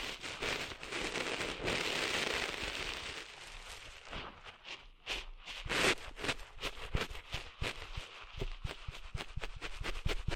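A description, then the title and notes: Sand being cleaned out of an ear, heard as rough, dense scratching and rustling for the first four seconds. After that it thins into sharp, irregular crackles and clicks that come in quick bursts, growing more frequent toward the end. ASMR Cleaning Sand Out of Your Ears (No Talking).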